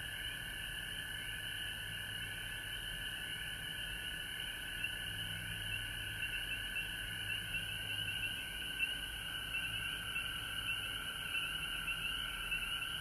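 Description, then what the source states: Frog chorus, steady high-pitched trilling from many callers that never pauses, with a low background drone. Frogs recorded at home in Georgia on March 19, 2020.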